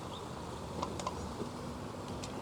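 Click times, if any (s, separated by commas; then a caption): none. A butane gas canister is pushed into the holder of a cassette camping stove, with a few faint, brief ticks at about 0.8, 1.0, 1.1 and 2.2 seconds over steady background noise. The canister has not clicked or seated into the stove yet, so the attempt stops to be retried.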